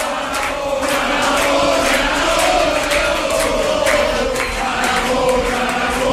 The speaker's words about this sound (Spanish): Aplausos en la sede de la Chunta.